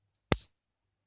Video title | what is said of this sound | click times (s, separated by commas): Speedy Reviews: Revenge of The Fallen Sideswipe | that'll snap back into place | 0.3 s